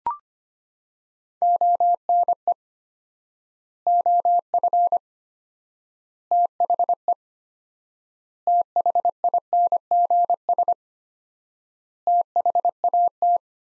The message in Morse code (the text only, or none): ONE OF THE THINGS THAT